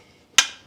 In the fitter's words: and then after you get it gas put in close that down shut it until you hear it click